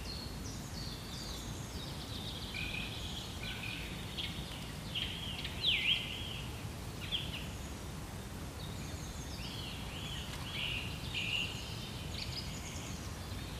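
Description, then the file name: Birds singing faintly: scattered high chirps and short whistled phrases from several birds, heard over a steady low rush of wind. Birds in woods and forest at Modřanská, Prague, in early spring, with light wind. "freesound woods forest birds early Spring light wind Prague Modranska"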